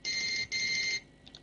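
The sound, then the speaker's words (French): A mobile phone rings with two loud, high electronic tone bursts, each about half a second long, followed by a couple of faint short blips. No one speaks. “Ensuite, je ferme le téléphone.”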